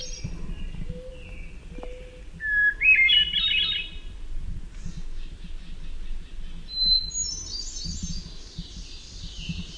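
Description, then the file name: Hermit thrush singing a series of varied phrases, each a pure introductory tone followed by rapid shimmering notes at differing pitches, over low background noise. "HETH song"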